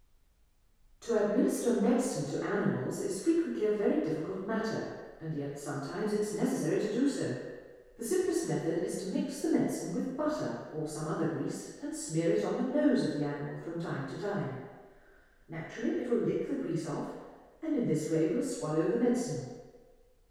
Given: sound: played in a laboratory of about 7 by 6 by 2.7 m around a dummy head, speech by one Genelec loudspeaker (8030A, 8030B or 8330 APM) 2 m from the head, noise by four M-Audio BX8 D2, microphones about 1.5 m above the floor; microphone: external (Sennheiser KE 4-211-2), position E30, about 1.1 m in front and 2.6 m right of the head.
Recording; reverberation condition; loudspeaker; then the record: female speech in English; high; 150 degrees to the right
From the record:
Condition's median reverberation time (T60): about 1300 ms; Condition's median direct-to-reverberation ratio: about -4.0 dB